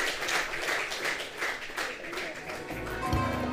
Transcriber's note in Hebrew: מחיאות כפיים